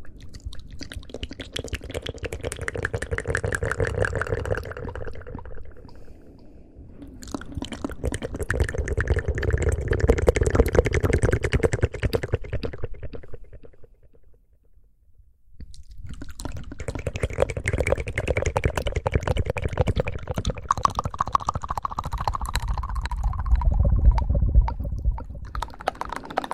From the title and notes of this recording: ASMR intense layered mouth sounds.